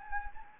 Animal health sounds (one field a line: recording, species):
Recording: mosquito wingbeat signal from an infrared sensor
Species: Anopheles gambiae